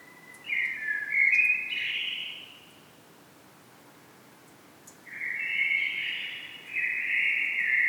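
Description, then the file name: Common blackbird song: a mellow warbling phrase with a short rising flourish, a gap of about two seconds, then a longer fluted phrase in two parts. "Turdus merula"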